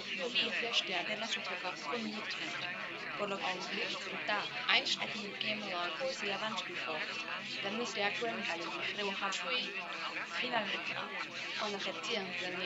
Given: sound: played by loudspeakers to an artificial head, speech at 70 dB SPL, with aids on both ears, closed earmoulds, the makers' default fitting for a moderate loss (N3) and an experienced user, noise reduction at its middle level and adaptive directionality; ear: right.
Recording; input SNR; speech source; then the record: speech test signal (ISTS) in cocktail-party noise; -3 dB; in front (0 degrees)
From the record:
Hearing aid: class 1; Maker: F